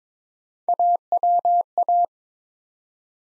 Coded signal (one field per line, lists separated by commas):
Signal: Morse code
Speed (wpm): 22 wpm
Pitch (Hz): 700 Hz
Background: none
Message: AWA